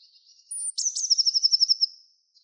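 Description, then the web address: Bird song: a faint trill, then a high thin note leading into a loud, even trill of many rapid notes. "Deverinetal 2025 Bird Only"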